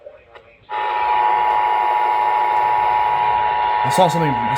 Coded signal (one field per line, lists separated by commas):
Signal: Emergency Alert System (SAME) tones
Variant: 853 and 960 Hz attention tone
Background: speech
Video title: Powerhouse 42 Knockout. | EAS Alerts from 4/19/25 | EAS#1,943-1,968